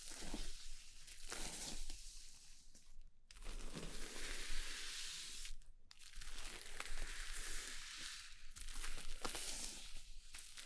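Haircut sounds: steady bright hissing and crackling with a low hum beneath, interrupted by brief silent gaps near three and six seconds.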